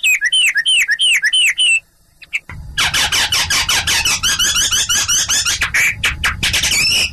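Chinese hwamei song opening with repeated curling whistles, then a dense, jumbled rush of fast varied notes over a low background rumble.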